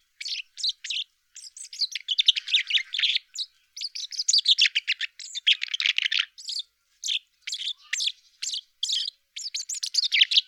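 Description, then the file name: Common chaffinch song, dense bursts of bright chirps and short trilled phrases, tumbling almost without pause, with more birdsong overlapping. Recorded at Kroondomein on 6 March 2022 at 09:57. "Vink Kroondomein 6 maart 2022 09 uur 57"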